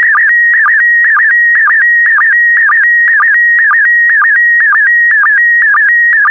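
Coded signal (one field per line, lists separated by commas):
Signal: SSTV (slow-scan television)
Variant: PD120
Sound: warbling tone around 1.5-2.3 kHz with regular sync blips, steady rhythmic pulsing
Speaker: Five, four, three, two, one. Thank you. Transmission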